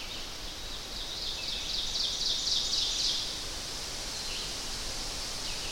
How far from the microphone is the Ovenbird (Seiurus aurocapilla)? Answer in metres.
about 45 m